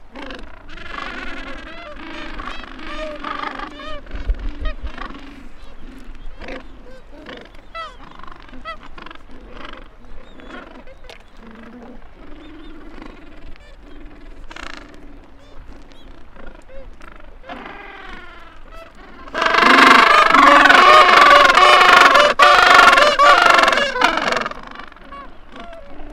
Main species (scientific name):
Pygoscelis papua